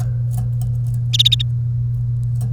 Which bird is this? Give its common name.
Domestic Canary